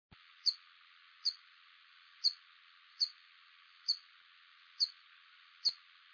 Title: LuckyPassaro Completos2Sama. Ruby-topaz Hummingbird (Chrysolampis mosquitus)